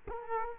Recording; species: mosquito wingbeat signal from an infrared sensor; Culex quinquefasciatus